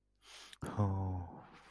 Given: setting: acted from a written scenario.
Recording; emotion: vocal sound without words; distress